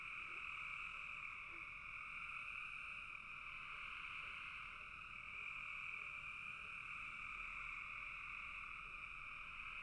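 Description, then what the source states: Frog chorus ringing continuously in two pitch bands, with short lower croaks dotted throughout. Several frogs calling in a bog.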